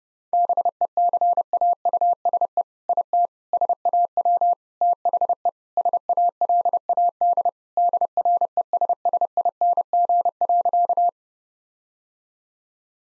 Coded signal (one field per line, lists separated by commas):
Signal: Morse code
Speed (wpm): 30 wpm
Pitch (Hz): 700 Hz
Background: none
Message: BECAUSE IT SAW THE SALAD DRESSING.